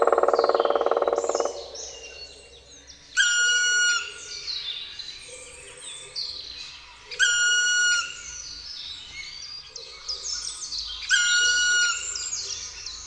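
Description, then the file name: Black woodpecker calls, a drawn-out plaintive note repeated about every four seconds after a brief drum roll at the start, with songbirds chattering throughout. "dzieciolczarny"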